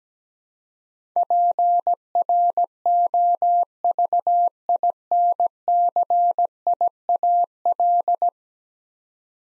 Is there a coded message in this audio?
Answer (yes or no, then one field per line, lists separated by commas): yes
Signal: Morse code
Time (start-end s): 1.2-8.3 s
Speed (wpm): 17 wpm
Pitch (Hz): 700 Hz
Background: none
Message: PROVINCIAL